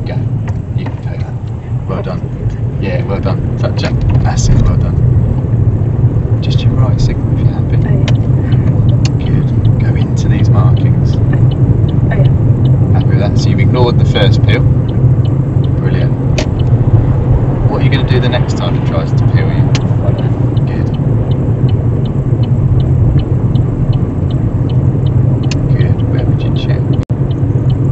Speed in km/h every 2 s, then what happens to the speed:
16, 26, 32, 34, 34, 37, 34, 35, 35, 34, 37, 37, 39, 37.
0-5 speeds up to 34. 5-28 steady at about 35.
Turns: 4-12, 21-28.